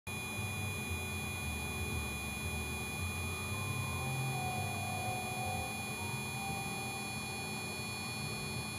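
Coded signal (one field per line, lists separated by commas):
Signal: beep code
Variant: PC motherboard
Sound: one unbroken high-pitched tone throughout, over steady whirring noise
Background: fan noise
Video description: If you have something like this, it's the CPU overheat alarm from the motherboard.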